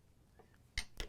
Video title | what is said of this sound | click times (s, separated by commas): DON'T BURN OUT YOUR SMALL DRILL! Use the Dewalt 1/2'' to 1/4'' Impact Adapter | and it locks it in as well if you do it the other way it won't lock in the pin will just stay depressed | 0.8 s, 1.0 s